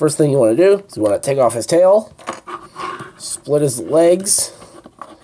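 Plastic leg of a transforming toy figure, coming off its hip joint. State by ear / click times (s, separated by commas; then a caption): released / 5.0 s. Someone talks while handling a transforming toy figure, and faint handling noises follow. When the legs are meant to be split apart, one plastic leg pops off its hip joint instead, with a sharp click at 5.0 s.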